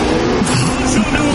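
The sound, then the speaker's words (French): A car drives past, its loud, steady engine drone and road noise filling the whole moment, with a low hum that wavers slightly in pitch. “Arrêtez de passer en voiture, on n'entend plus Johnny.”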